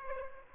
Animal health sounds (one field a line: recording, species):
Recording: mosquito wingbeat signal from an infrared sensor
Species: Aedes aegypti